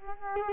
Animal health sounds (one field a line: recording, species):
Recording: mosquito wingbeat signal from an infrared sensor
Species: Culex quinquefasciatus